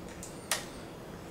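The fire selector switch on the lower receiver of a JG G36 RIS airsoft electric gun is pressed farther down, giving two successive clicks at 0.2 s and 0.5 s, the second much sharper and louder than the first. The selector ends up in the semi-automatic position.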